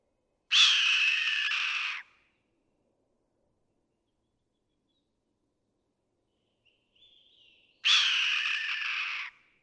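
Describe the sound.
Red-tailed hawk screams twice, two hoarse rasping cries about seven seconds apart, with a soft short note just before the second.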